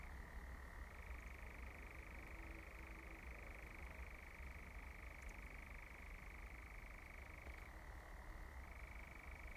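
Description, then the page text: European Nightjar with an unbroken churring trill that steps up early on and dips briefly later, over a constant low rumble. Recorded in the Forest of Dean on 31 May 2017. "Audioboom. Nightjar and Tawny Owl. Recorded in the Forest of Dean 31st May 2017"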